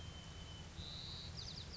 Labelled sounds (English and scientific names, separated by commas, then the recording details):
White-crowned Sparrow (Zonotrichia leucophrys)
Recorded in Sonoma County, California